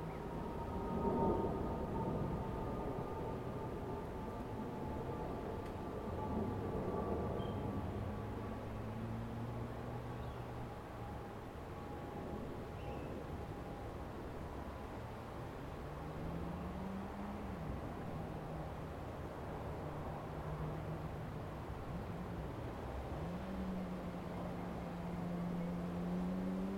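Outside overlooking Tamarama Beach, a steady low wash fills the air while passing vehicle engines rise and fall, with a faint whine throughout.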